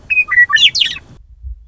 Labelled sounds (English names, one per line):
Western Meadowlark